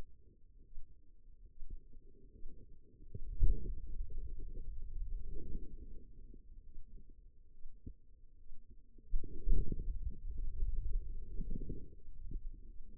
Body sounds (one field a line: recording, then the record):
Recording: forearm muscle sounds (acoustic myography)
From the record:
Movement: pen grasping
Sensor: system 2, bracelet of six BSWA MPA416 microphones around the upper forearm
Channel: 3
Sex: female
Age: 25 years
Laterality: right